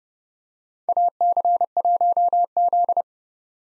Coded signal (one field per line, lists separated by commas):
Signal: Morse code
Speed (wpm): 30 wpm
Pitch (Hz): 700 Hz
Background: none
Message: AC1Z